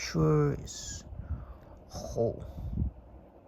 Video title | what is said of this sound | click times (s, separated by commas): TinHIFI C1 Unboxing, 24 Jul 2025 | It's quite tight. No click. No click sound. Okay. | none